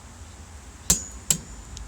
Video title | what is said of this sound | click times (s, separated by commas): [How To] Install Fully Floating Brake Rotor Buttons | to 22 and nanometers and you wait until it clicks and | 1.3 s